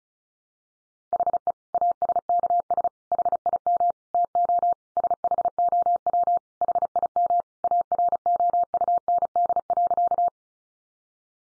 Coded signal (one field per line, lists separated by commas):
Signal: Morse code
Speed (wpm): 34 wpm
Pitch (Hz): 700 Hz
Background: none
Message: HE ASKS HIM TO SHOW HIM AROUND.